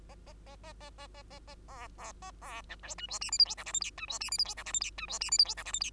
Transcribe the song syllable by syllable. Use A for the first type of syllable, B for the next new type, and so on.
A A A A A A A A A B B A B C D E F G H I J K L M N E F G H I J K L M N E F G H I J K L M N